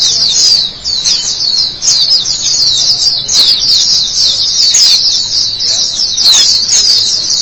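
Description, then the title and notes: White-eye song, a busy high-pitched twittering chatter running on and on, with brief dips in loudness near the first and second seconds. Chirping song. "Suara kicauan burung pleci"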